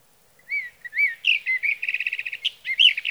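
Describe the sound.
Sage thrasher song with two arched whistles, then a fast chattering trill and varied warbled phrases.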